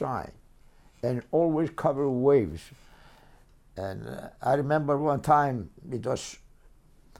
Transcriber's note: none